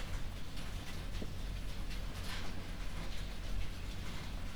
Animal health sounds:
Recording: poultry house recording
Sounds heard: no chicken sound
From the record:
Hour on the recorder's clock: 22

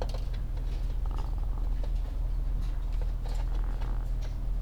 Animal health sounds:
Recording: poultry house recording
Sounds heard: sick chickens (respiratory disease)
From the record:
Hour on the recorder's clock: 14

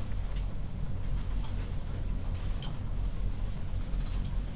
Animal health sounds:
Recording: poultry house recording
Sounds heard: healthy chickens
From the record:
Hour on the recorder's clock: 21

